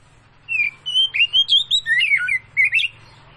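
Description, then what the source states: Oriental magpie-robin song: a quick sequence of clear slurred whistles, upward and downward, over a steady low background hum. Kacer Tretes type, singing prolifically (gacor).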